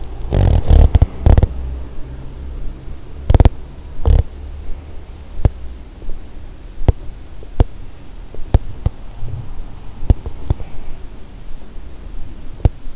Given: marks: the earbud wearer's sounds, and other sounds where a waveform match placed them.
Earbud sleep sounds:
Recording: sounds in sleep by an in-ear microphone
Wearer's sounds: teeth grinding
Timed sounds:
0.00-12.96 s: teeth grinding
5.25-5.66 s: sound from someone else or the room

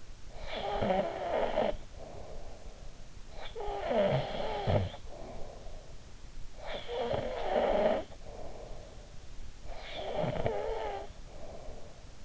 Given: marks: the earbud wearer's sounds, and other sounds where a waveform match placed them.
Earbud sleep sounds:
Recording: sounds in sleep by an in-ear microphone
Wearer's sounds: snoring breath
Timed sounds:
0.18-6.19 s: snoring breath
6.35-9.18 s: snoring breath
9.50-12.23 s: snoring breath

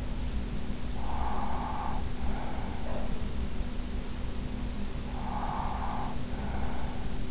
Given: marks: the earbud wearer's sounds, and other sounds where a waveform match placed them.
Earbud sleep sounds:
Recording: sounds in sleep by an in-ear microphone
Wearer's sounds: breath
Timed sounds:
0.81-3.63 s: breath
5.11-7.31 s: breath

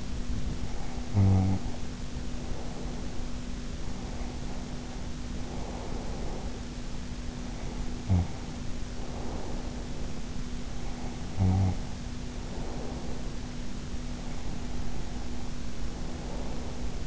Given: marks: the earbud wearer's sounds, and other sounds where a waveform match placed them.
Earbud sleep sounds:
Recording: sounds in sleep by an in-ear microphone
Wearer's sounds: snoring breath, breath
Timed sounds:
0.48-3.31 s: snoring breath
3.65-6.74 s: breath
7.08-9.97 s: snoring breath
10.65-13.60 s: snoring breath
14.14-17.07 s: breath

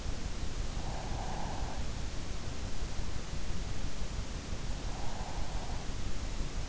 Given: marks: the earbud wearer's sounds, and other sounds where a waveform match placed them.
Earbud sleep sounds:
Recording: sounds in sleep by an in-ear microphone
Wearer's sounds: breath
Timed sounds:
0.84-2.04 s: breath

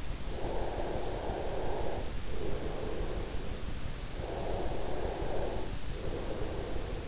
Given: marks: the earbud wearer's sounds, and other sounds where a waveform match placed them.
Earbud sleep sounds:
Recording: sounds in sleep by an in-ear microphone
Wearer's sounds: breath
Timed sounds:
0.35-7.08 s: breath

